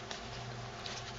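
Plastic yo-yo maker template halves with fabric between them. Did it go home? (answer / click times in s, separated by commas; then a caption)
no / none. Fabric is pressed between the two plastic halves of a yo-yo maker template, with the nub lined up at 12 o'clock. Over a steady background hum, two brief faint ticks occur at about 0.1 s and 0.9 s. Nothing has snapped together yet; the pieces do not line up and the template is taken out.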